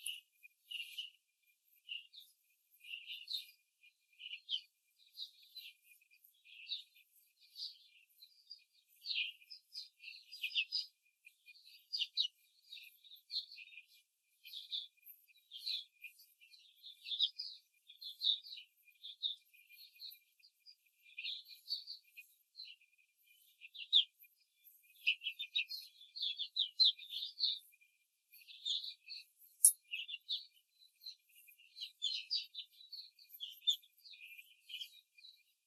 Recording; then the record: young laying hens in a cage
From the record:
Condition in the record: control cage, before the stress test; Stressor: none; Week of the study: 4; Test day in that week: 1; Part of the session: 3